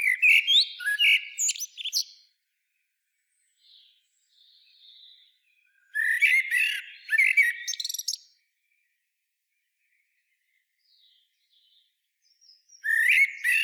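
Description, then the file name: Common blackbird singing, low fluted whistled phrases each ending in a high scratchy twitter, repeated about every six seconds with faint thin notes between them. "Turdus merula"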